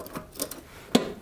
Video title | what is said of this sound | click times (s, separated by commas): "Lock N Lube" Tool Review - The Best Mod For Your Grease Gun! | और आप देख सकते हैं कि अगर मैं नली को खींचता हूं, तो वह वहां बंद है। | 1.0 s